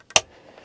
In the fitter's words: that and you can hear it click. And now everything is sealed and it's going to pull water directly out of the bottom of it.